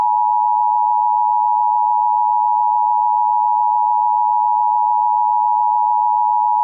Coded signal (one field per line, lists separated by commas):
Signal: Emergency Alert System (SAME) tones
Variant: 853 and 960 Hz attention tone